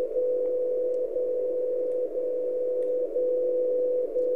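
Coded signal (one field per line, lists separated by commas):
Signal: radio time signal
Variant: MSF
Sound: continuous mid-pitched carrier tone briefly interrupted about once each second, four times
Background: radio static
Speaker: da haben wir den britischen Zeitzeichensender da ist er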